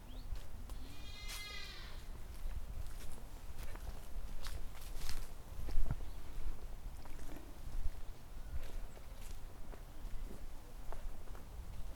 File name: GOAT - 1